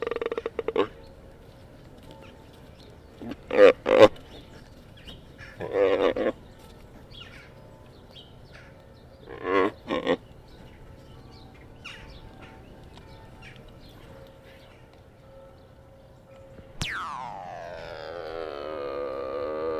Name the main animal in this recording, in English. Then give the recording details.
Mule Deer. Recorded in captivity. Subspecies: hemionus. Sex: male. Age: adult. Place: Tierpark Berlin, Berlin, DE. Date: 1967-12-02 13:00. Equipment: R 20/1, Sennheiser MD 421. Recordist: Tembrock, Günter. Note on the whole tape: Felsengebirgs-Maultierhirsch. Männchen: Laute gegen Beobachter, dabei zum Teil Vorstrecken und Kreisgang (mit Abwenden). Abstand: 1-3 m